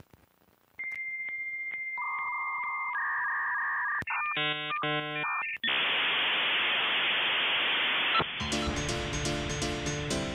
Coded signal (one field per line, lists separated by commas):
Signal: dial-up modem handshake